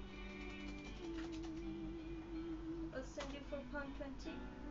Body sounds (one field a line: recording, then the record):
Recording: background sound without coughing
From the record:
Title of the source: BackgroundMusic3